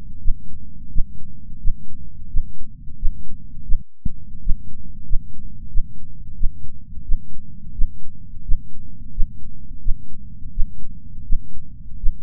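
Heartbeat of an adult.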